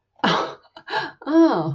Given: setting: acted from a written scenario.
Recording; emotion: vocal sound without words; realization